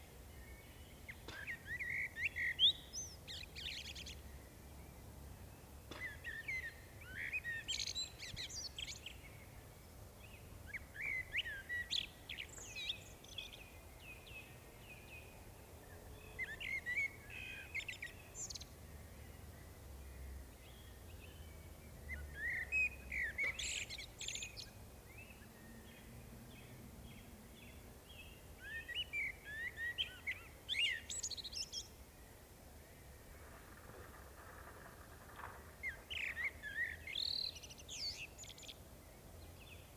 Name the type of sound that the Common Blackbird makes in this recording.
song